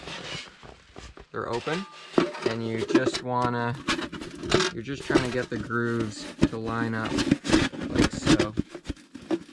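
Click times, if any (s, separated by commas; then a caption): none. Someone talks while handling a metal stovepipe section, lining up its grooves with the next pipe section before pushing them together. Brief scraping and tapping sounds come through near the end. Nothing has seated or clicked yet.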